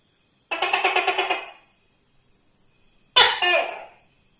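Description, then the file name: Tokay gecko: a rapid pulsed chuckling rattle lasting about a second, a pause, then one loud abrupt two-part bark. "tieng-tac-ke-keu-5-tieng"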